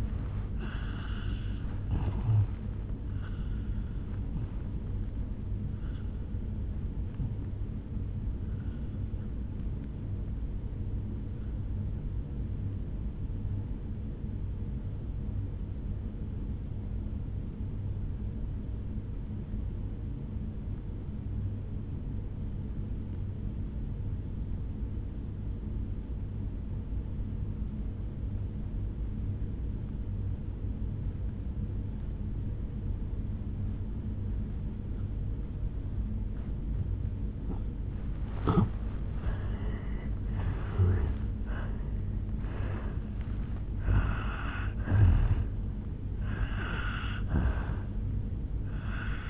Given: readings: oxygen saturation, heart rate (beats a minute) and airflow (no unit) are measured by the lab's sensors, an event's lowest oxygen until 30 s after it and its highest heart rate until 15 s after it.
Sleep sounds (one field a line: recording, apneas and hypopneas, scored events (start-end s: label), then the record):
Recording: breathing in sleep by a smartphone at the bedside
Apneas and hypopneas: 1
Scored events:
1.00-49.30 s: new sleep stage, N1 (lightest sleep)
13.00-36.80 s: obstructive apnea (N1, oxygen 97% highest, then 85% lowest, heart rate 53 at the start, 75 highest)
From the record:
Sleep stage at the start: N2 (light sleep)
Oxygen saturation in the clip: 81 to 97%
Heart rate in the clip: 53 to 77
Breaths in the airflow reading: 11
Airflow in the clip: -8.9 to 6.0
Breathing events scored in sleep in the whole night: 449 in 7.0 hours asleep